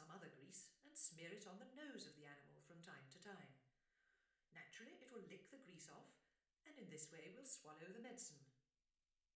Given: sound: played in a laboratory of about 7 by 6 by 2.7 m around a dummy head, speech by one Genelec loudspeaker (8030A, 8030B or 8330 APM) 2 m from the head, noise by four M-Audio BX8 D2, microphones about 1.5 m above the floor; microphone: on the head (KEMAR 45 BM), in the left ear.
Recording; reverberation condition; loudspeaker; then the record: female speech in English; medium; 120 degrees to the left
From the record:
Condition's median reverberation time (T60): about 510 ms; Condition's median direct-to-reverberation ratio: about -0.5 dB